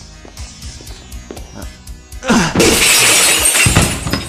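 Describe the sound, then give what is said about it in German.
In an audio drama, a few soft, evenly spaced knocks, then a loud crash as a glass museum display case holding a stone is smashed with a chair, followed by two seconds of bright, jangling shards falling and tinkling. “Ich brauche irgendwas, womit ich die Vitrine einschlagen kann.”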